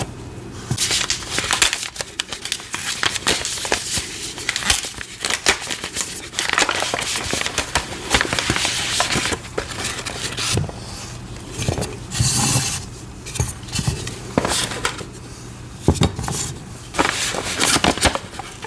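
Powder being handled: dense, continuous crunching, squeaking and crinkling with sharp bright clicks and taps scattered throughout. Louder gritty bursts come around 6, 12 and 16 seconds, over a faint steady low hum.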